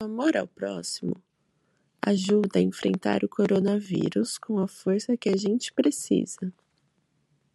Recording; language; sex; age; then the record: spoken sentence; Brazilian Portuguese; female; 20 to 29 years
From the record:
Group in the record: control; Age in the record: 22 years